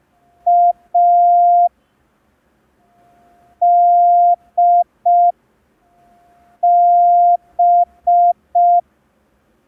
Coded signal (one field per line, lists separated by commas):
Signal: Morse code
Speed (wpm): 5 wpm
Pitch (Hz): 700 Hz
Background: none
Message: A D B